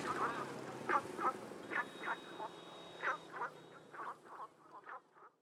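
Frogs croaking, short rasping notes about three times a second, uneven in rhythm and fading toward the end.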